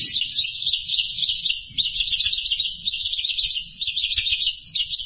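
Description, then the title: Bird song, a dense, continuous high-pitched chattering twitter with pulsing loudness. "burung"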